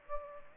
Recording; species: mosquito wingbeat signal from an infrared sensor; Aedes aegypti